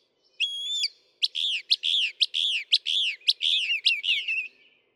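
Northern mockingbird song: one pure whistled note, then a rapid, steady series of arched, slurred notes.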